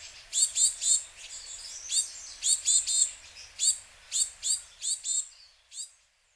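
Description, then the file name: Japanese tit calling with sharp, very high descending notes in clustered bursts, then tailing off into a few spaced chirps. Recorded in Hyogo, Japan, in June 2008. "shijuukara 0806 hyogo kaji"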